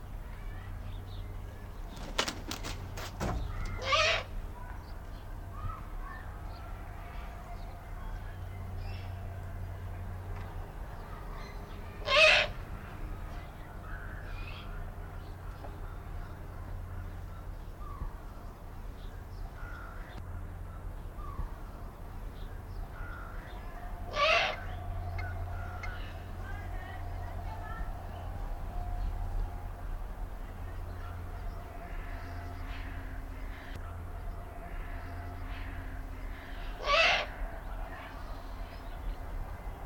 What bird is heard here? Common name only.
Eurasian Eagle-owl